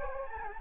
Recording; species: mosquito wingbeat signal from an infrared sensor; Anopheles gambiae